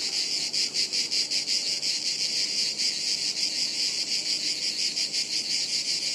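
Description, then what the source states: A chorus of cicadas, loud high-pitched rasping that throbs rhythmically and never stops. Chorus of cicadas high in the trees overhead, woods near Sirolo, Italy, hot afternoon, August 23.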